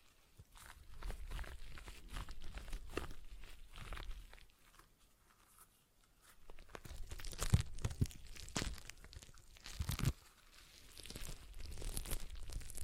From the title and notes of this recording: ASMR Relaxing Stress Ball Sounds (No Talking).